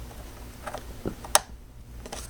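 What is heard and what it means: A TOSLINK optical audio cable plug, flat side up, is pushed into the digital audio input of a sound system while a Sony HX750 TV is being connected. A few faint handling taps come around 0.7 s, then one sharp, loud click at 1.4 s as the plug seats fully in the input.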